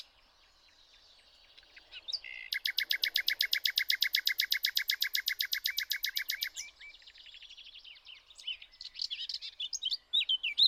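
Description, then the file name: Common nightingale song: a long, loud, very even trill of repeated notes for about four seconds, followed by quieter notes and sharp chirps. "Luscinia megarhynchos"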